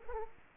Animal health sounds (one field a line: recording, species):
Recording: mosquito wingbeat signal from an infrared sensor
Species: Culex quinquefasciatus